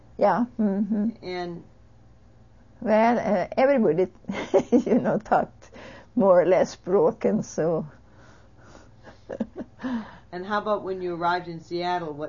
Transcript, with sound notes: Yeah.
And...
Well, everybody ( she laughs ) you know, talked more or less broken, so. ( she laughs )
And how about when you arrived in Seattle?